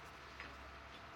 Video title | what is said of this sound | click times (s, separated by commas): 2014 Hyundai Santa Fe Sport Limited 2.0T AWD Stk# 150621258A S | locks in place right up front where it should be | 0.4 s